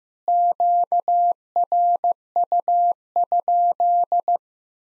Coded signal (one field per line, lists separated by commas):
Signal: Morse code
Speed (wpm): 16 wpm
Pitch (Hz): 700 Hz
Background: none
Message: QRU?